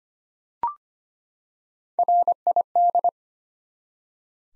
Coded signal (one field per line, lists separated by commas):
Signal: Morse code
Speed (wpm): 25 wpm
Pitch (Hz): 700 Hz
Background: none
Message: RID